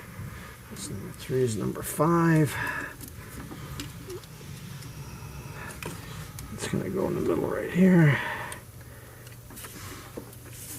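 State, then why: Not seated. A silicone-greased ignition boot is handled over spark plug number three in the V8 cylinder head of a Land Rover Discovery Series 2 during a Bosch head gasket installation, while someone talks. Brief light taps and handling noises come through at about 3.1, 3.8, 5.8 and 6.4 seconds. Nothing has seated or clicked yet.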